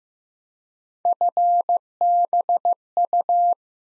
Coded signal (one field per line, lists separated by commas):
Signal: Morse code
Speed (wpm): 15 wpm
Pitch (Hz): 700 Hz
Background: none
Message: FBU